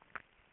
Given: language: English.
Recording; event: throat vibration sensor signal played as sound; swallow